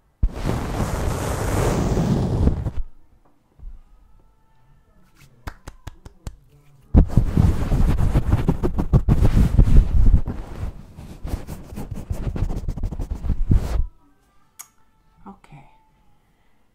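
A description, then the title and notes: Dense rubbing and scratching sounds of a scalp and face massage, loud in a burst at the start and again in a longer stretch from about seven to fourteen seconds. Between them, near silence holds with faint taps and small soft touches. Fall Asleep ASMR Scalp & Face Massage.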